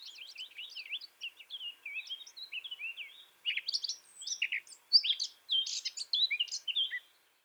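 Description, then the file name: Eurasian blackcap warbling: a long, chattering stream of quick varied notes, softer at first, then a louder burst of sharper, richer phrases. "Sylvia atricapilla"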